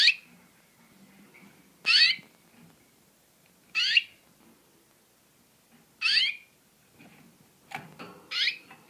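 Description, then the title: Orange-headed thrush giving harsh, downslurred screeching notes about every two seconds, with a faint low background hum. "Burung Anis Merah"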